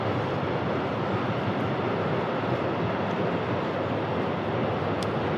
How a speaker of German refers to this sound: Und das war, also wenn ich eine passender Zug zur Zuggeschichte habe ich hier extra mal so reingemischt.